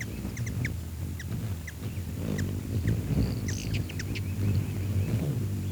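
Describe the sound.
Bird calls as short, sharp chirps scattered throughout, with a brief buzzy note midway, all over a constant low rumble.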